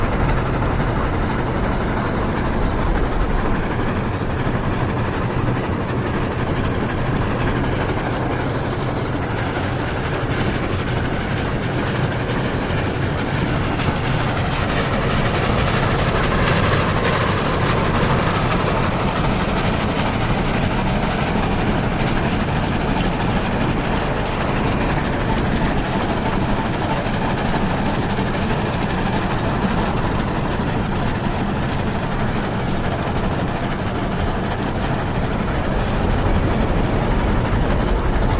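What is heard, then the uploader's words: A steam train rolls steadily along the tracks, with a dense, continuous rumble and clatter of wheels that barely changes in loudness. A hiss runs over the low roar, swelling slightly around the middle before settling back. The relaxing sounds of a steam train as it chugs along the tracks. The gentle rhythm of the wheels and the hissing of steam as the train snakes through picturesque landscapes.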